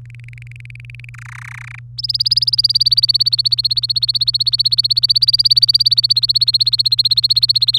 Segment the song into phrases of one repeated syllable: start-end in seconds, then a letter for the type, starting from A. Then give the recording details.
0.05-1.09 A, 1.14-1.79 B, 1.98-7.78 C. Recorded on 23 April 2018 at 17:51. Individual llb3